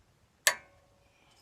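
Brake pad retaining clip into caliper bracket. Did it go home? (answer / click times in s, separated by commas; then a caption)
yes / 0.5 s. A cleaned metal brake pad abutment retaining clip on a 2015-2020 Ford F-150 is hooked on at the back, and its front is pushed down into the caliper bracket until it snaps in. A single sharp, bright click at 0.5 s rings briefly with a faint metallic tone before fading into near silence. The clip is confirmed seated in the caliper bracket.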